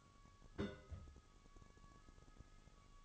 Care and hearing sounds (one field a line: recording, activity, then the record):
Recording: daily activity, microphone in the room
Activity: place on stove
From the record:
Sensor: 4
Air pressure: 1008.8 hPa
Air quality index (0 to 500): 119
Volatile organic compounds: 1 ppm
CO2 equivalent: 876 ppm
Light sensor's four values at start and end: 10/23/9/8 and 10/23/9/8